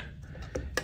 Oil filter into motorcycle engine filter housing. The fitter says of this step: feel it snap into place right there so we're we're in